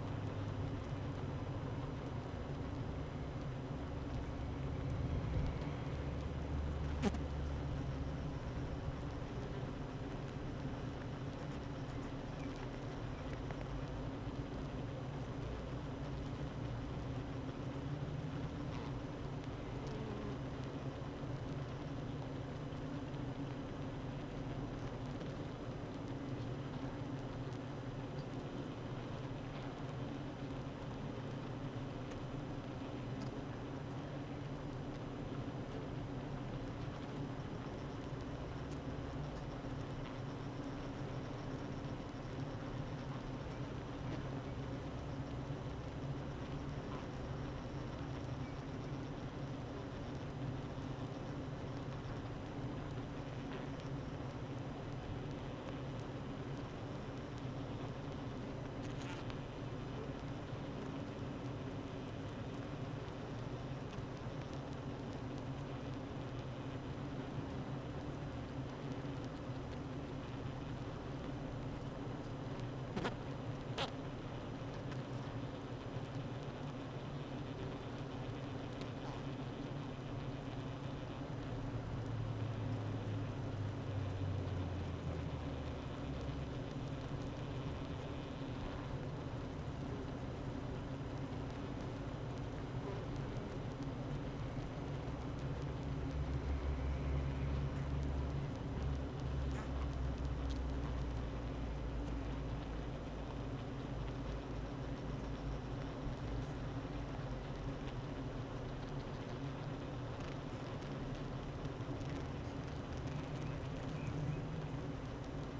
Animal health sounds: honeybee colony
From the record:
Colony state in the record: active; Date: 12 June 2018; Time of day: 8:33

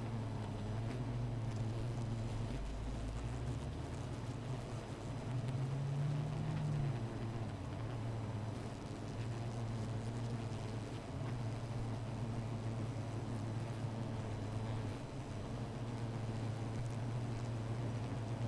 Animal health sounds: honeybee colony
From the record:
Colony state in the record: missing queen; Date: 14 July 2017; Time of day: 16:19

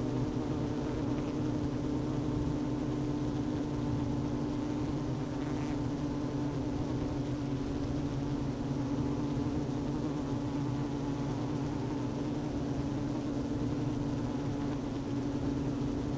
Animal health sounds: honeybee colony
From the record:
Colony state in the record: active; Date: 12 June 2018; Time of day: 11:38

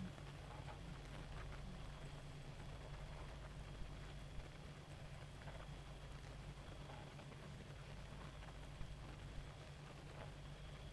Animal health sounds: honeybee colony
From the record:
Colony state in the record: active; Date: 28 July 2017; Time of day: 1:23

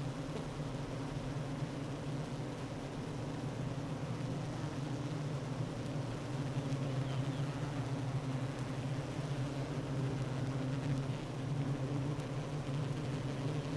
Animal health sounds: honeybee colony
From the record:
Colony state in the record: active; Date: 12 June 2018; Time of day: 9:32

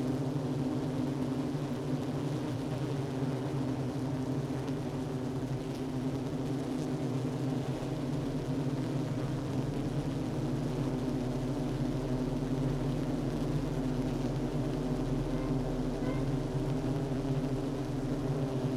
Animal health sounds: honeybee colony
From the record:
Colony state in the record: active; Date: 12 June 2018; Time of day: 10:34

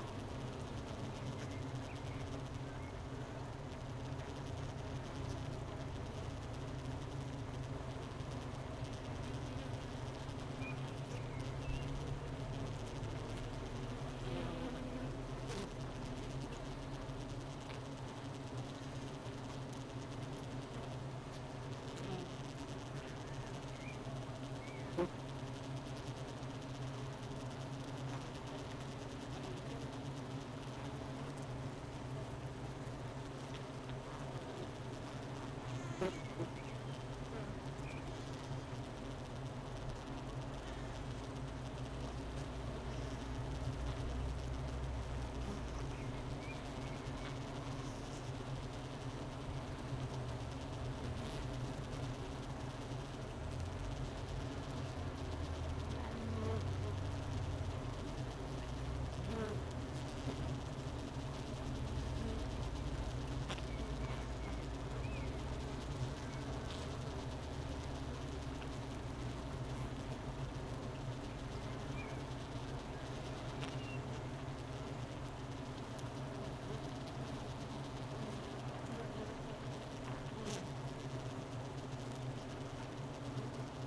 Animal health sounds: honeybee colony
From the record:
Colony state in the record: missing queen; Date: 31 May 2018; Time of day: 11:57

